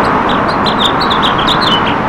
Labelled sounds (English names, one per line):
House Finch song